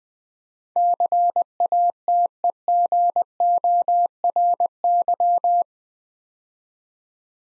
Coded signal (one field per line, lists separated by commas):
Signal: Morse code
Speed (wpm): 20 wpm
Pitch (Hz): 700 Hz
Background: none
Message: CATEGORY